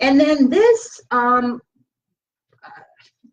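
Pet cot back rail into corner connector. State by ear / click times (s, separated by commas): seated / 2.7 s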